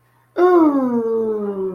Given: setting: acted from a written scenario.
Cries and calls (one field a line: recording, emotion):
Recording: vocal sound without words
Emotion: romantic love